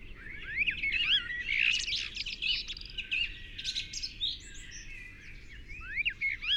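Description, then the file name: Eurasian blackbird singing in a dense stream of chirps, slurred whistles and twitters, with brief rising-falling notes returning near the end, over a steady low background hiss. "Turdus merula"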